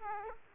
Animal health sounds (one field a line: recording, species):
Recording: mosquito wingbeat signal from an infrared sensor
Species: Aedes aegypti